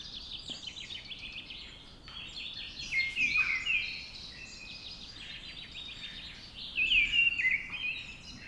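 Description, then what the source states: Mistle Thrush fluting phrases come through twice amid a dense chorus of high, twittering songbirds. Singing at dawn.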